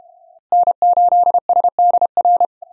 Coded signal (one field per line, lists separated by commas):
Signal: Morse code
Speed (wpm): 34 wpm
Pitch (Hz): 700 Hz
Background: none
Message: N8SDR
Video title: SunSDR2DX using SDC (Software Defined Connectors) app and 5M Contest Log + plus a little CW WAE